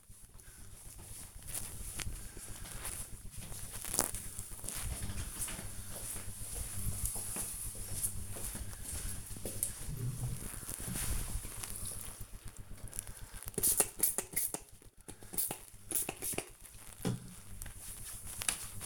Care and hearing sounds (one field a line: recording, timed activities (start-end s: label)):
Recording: household activities, microphone on the right wrist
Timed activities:
11.69-18.86 s: disinfecting hands